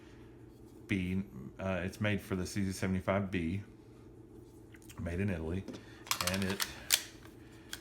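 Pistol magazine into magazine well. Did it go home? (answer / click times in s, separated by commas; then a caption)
yes / 6.9 s. Someone talks while a metal aftermarket magazine made in Italy for the CZ75B is inserted into the magazine well of a surplus Jericho 941F pistol. A sharp metallic click at 6.9 s marks the magazine locking in place.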